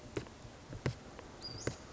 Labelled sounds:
Western Flycatcher (Empidonax difficilis)
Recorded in Sonoma County, California

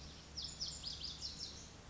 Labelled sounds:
Lazuli Bunting (Passerina amoena)
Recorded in Sonoma County, California

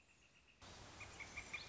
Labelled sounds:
Northern Flicker (Colaptes auratus)
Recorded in Sonoma County, California

